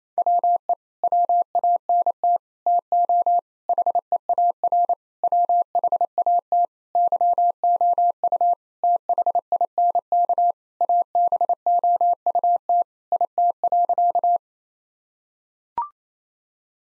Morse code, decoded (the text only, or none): WE WANT TO HEAR WHAT YOU THINK ABOUT IT.